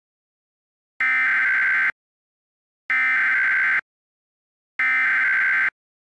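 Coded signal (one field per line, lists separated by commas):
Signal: Emergency Alert System (SAME) tones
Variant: header bursts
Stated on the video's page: Fictional meme EAS scenario about bad drivers, using valid SAME tones.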